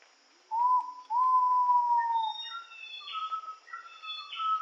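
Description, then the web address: Ivory-breasted pitta calls with a short whistle, then a long, even, slightly falling whistle; afterwards other birds give thinner high whistles and chirps. Recorded in Indonesia. "ULM-DS-Lab indonesian-bird-sounds Pitta maxima"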